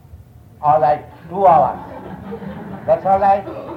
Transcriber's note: laughter